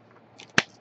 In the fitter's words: this in place it locks in place click on my hands and it's nice and secure and snug okay